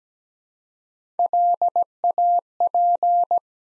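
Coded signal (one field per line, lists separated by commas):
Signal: Morse code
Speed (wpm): 17 wpm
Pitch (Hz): 700 Hz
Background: none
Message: LAP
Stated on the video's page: Morse practice set at 17 wpm, sending 3-letter words one letter at a time for instant character recognition.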